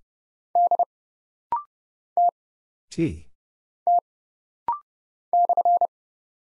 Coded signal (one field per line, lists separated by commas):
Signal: Morse code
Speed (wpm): 30 wpm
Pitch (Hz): 700 Hz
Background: none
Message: D T T /